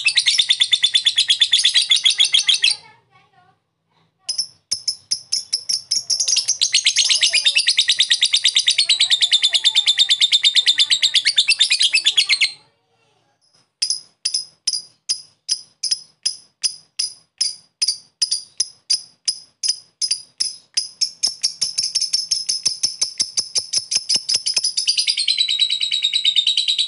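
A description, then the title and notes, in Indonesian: A lovebird calls in a long, rapid run of bright, high chattering notes. The trill is dense at first, breaks off twice for a second or so, then returns as a clearly separated ticking series that speeds up and turns shriller toward the end. Love bird ngetik ngekek.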